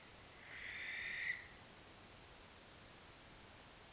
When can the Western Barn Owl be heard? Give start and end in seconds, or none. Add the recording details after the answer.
0.32-1.59. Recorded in France